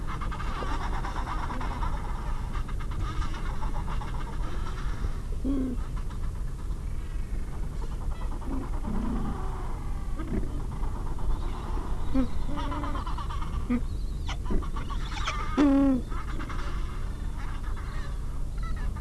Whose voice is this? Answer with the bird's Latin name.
Pygoscelis papua